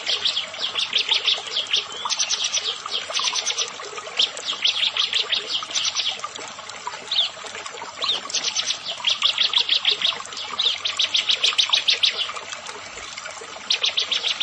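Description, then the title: Prinia song: nearly continuous runs of fast, buzzy high pulses, broken by brief pauses, with steady background hiss. "Ciblek Sawah"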